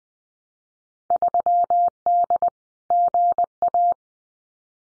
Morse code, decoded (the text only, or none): 3D GA